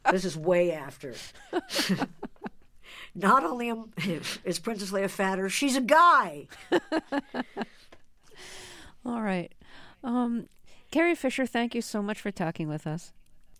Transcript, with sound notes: this is way after. Not only is Princess Leia fatter. She's a guy.
(Laughter). All right. Carrie Fisher, thank you so much for talking with us.